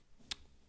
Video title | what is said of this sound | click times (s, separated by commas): [Fr] Construisez la DeLorean - Numéro 4 | c'est clipsé | 0.3 s